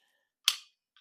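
The release lever on a set of steel Milwaukee Torque Lock locking pliers is worked, and the jaws let go with a loud, sharp snap at 0.5 s, followed by a faint, short tick near 1.0 s. The pliers release, but the release is clunky and does not work very well.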